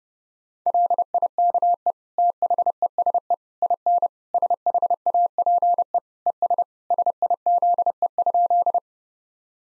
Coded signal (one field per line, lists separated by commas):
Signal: Morse code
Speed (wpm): 30 wpm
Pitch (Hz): 700 Hz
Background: none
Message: LIKE THESE IN SHAPE ES SIZE?